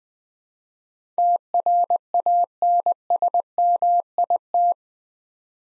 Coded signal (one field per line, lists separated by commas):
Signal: Morse code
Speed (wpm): 20 wpm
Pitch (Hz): 700 Hz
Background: none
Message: TRANSMIT